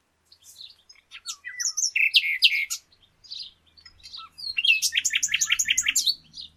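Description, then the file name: Common nightingale singing loud repeated notes in rapid series, a short gap, then a fast run of evenly spaced, punchy notes; faint low rumble underneath. "Luscinia megarhynchos"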